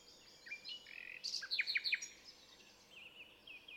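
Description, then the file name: Common nightingale song fragment, a soft warble and a few sharp clicking notes over background hiss. "Luscinia megarhynchos"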